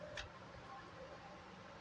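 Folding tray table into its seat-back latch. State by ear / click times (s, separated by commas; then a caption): not seated / none. A plastic folding dining table on a train seat-back is folded up and pushed toward its catch, making a single sharp knock at about 0.2 s, likely from the tray folding, over a steady low rumble. The table does not lock because the catch is very tight, and nothing has seated or clicked.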